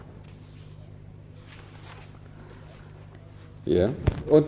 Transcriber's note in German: lange Sprechpause, blättern in Papieren